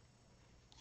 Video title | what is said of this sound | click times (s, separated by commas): Live Creating a junk journal using the Exquisite Dreamer Digital download by Calico Collage. | can you hear it click | 0.7 s